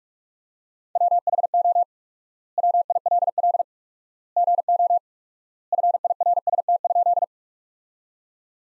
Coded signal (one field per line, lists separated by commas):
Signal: Morse code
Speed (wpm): 41 wpm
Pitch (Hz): 700 Hz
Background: none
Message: WHO WILL GO FIRST?